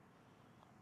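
The tongue of a diamond line necklace's box clasp is being handled and slid toward its metal housing, but nothing has seated or clicked yet. Only a steady low background hum is heard, with a brief faint tick at 0.6 seconds.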